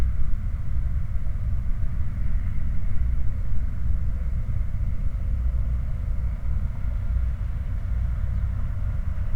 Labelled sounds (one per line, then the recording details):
machinery
flare stack
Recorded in the Prudhoe Bay oil fields, Alaska, on 17 July 2019 at 09:35
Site 29